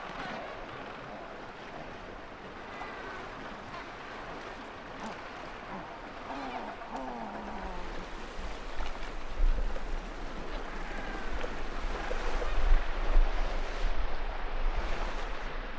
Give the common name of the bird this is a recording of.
Adelie Penguin